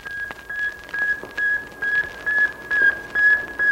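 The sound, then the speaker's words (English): A radio signal from a satellite orbiting 560 miles above the Earth: a thin, steady high-pitched tone broken into short repeating beeps, riding over crackling static and hiss, with no voices. “Then the antennas shoot forth, and like the cry of a newborn babe, a tiny voice is heard from the vastness of space, 560 miles above the Earth.”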